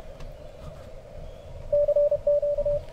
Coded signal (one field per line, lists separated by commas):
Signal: Morse code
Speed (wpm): 33 wpm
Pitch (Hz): 580 Hz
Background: radio noise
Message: CQ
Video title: CQ WW WPX CW Contest - May 25th, 2019